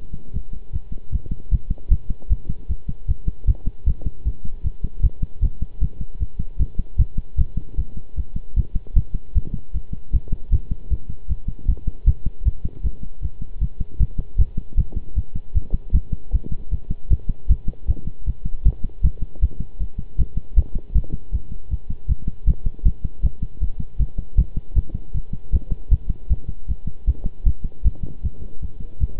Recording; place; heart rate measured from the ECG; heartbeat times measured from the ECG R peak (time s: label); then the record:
heart sounds by stethoscope; between the tricuspid and mitral areas; 155 bpm
0.33 s: heartbeat
0.73 s: heartbeat
1.12 s: heartbeat
1.51 s: heartbeat
1.91 s: heartbeat
2.30 s: heartbeat
2.69 s: heartbeat
3.08 s: heartbeat
3.47 s: heartbeat
3.86 s: heartbeat
4.25 s: heartbeat
4.64 s: heartbeat
5.03 s: heartbeat
5.42 s: heartbeat
5.81 s: heartbeat
6.20 s: heartbeat
6.59 s: heartbeat
6.98 s: heartbeat
7.38 s: heartbeat
7.77 s: heartbeat
8.17 s: heartbeat
8.56 s: heartbeat
8.96 s: heartbeat
9.35 s: heartbeat
9.74 s: heartbeat
10.13 s: heartbeat
10.52 s: heartbeat
10.90 s: heartbeat
11.29 s: heartbeat
11.68 s: heartbeat
12.07 s: heartbeat
12.45 s: heartbeat
12.83 s: heartbeat
13.22 s: heartbeat
13.61 s: heartbeat
14.00 s: heartbeat
14.38 s: heartbeat
14.77 s: heartbeat
15.16 s: heartbeat
15.55 s: heartbeat
15.94 s: heartbeat
16.32 s: heartbeat
16.71 s: heartbeat
17.10 s: heartbeat
17.49 s: heartbeat
17.88 s: heartbeat
18.26 s: heartbeat
18.65 s: heartbeat
19.04 s: heartbeat
19.42 s: heartbeat
19.80 s: heartbeat
20.18 s: heartbeat
20.56 s: heartbeat
20.95 s: heartbeat
21.33 s: heartbeat
21.70 s: heartbeat
22.09 s: heartbeat
22.47 s: heartbeat
22.85 s: heartbeat
23.23 s: heartbeat
23.61 s: heartbeat
23.99 s: heartbeat
24.37 s: heartbeat
24.76 s: heartbeat
25.14 s: heartbeat
25.52 s: heartbeat
25.91 s: heartbeat
26.30 s: heartbeat
26.68 s: heartbeat
27.07 s: heartbeat
27.46 s: heartbeat
27.85 s: heartbeat
28.23 s: heartbeat
28.61 s: heartbeat
29.00 s: heartbeat
From the record:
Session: pedaling a stationary bicycle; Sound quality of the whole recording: good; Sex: male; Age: 23 years